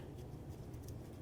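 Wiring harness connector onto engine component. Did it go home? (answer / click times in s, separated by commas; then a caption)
no / none. A plastic engine wiring harness connector with a red locking tab is being handled and pressed toward its mating connector on the passenger side of the intake of a 2009–2020 Dodge Journey during spark plug replacement. A low, steady rumble runs under faint handling noise, with a small, brief tap at 0.9 s. Nothing has seated or clicked yet.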